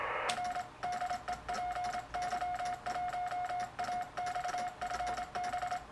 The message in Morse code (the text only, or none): R DE PY1AX FB